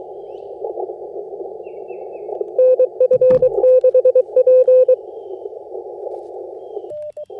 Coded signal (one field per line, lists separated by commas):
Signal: Morse code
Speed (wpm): 20 wpm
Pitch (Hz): 510 Hz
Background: none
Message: NF6P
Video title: FT8 POTA Field Setup with some slow CW IC-705 Digital Mode Activation Ham Radio Vertical Antenna